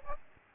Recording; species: mosquito wingbeat signal from an infrared sensor; Aedes albopictus